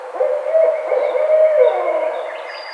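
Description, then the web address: Barred owl giving a long, sustained hoot that holds steady then drops at the end, with a faint high tone near the close. 2009-05-04. "sounds birds Barred Owl 2009 05 04 Barred Owl"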